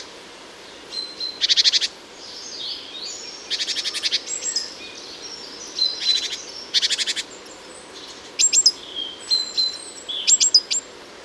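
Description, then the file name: Great tit calls: harsh, buzzy rattling bursts mixed with short high thin notes and chirps over a faint steady hiss. "Parus major"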